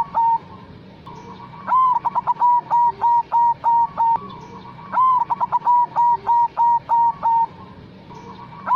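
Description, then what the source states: Zebra dove singing in repeated phrases: a quick rising note, fast trill-like stutters, then a string of even, clipped coos. It repeats almost continuously over faint background noise. Lure song of a zebra dove singing prolifically.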